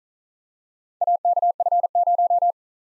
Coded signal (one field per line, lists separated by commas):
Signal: Morse code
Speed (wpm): 42 wpm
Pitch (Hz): 700 Hz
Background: none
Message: AKF0